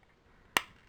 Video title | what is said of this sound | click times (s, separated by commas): Mega Octane | we go snaps right into place and | 0.6 s